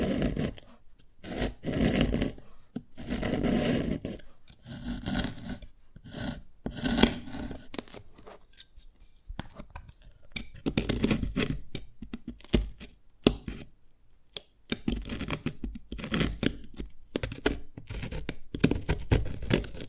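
Dalgona candy tapping and cracking: irregular sharp clicks and scraping rasps in uneven bursts, with brief quiet gaps throughout.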